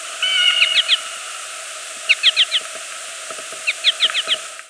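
American goldfinch calling in quick bursts of three or four high sharp chirps, each burst about a second and a half apart, over steady background hiss.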